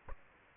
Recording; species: mosquito wingbeat signal from an infrared sensor; Aedes aegypti